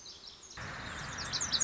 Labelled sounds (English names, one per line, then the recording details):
Lazuli Bunting
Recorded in Sonoma County, California